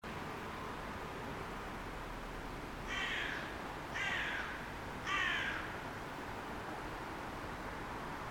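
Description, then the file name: Carrion crow giving three harsh, hoarse caws about a second apart over a steady background hiss. "Corvus corone"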